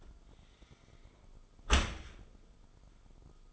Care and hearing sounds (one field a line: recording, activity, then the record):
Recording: daily activity, microphone in the room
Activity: close dishwasher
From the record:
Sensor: 5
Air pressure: 1004.8 hPa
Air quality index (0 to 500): 91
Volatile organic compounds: 2 ppm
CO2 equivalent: 1102 ppm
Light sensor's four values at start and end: 32/74/30/29 and 32/74/30/29